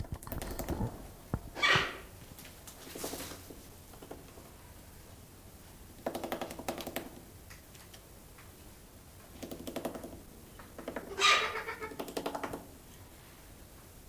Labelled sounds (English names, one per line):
Trumpeter Hornbill